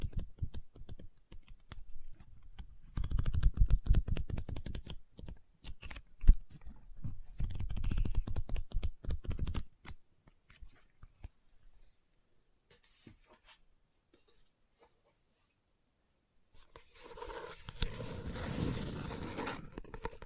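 Quick tapping and scratching on a book come in dense bursts, busiest from about 3 to 10 seconds, with a sharp knock near 6 seconds. Sparse taps follow through a quieter stretch, then a rough, rustling page-turning sound fills the last few seconds.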